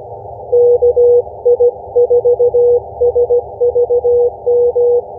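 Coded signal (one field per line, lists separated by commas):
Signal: Morse code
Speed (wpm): 17 wpm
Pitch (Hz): 480 Hz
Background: none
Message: KI4SVM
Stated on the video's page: Morse from a Summits On The Air activation using two antennas, including a random wire and a half-wave antenna, with summit-to-summit contacts.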